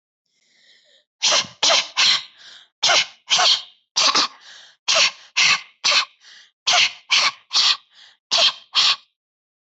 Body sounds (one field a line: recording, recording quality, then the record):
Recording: shallow voluntary cough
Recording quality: excellent, no background noise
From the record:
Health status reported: healthy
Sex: female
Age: 52 years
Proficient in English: yes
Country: India